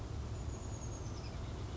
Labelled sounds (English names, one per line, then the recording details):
Chestnut-backed Chickadee
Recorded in Sonoma County, California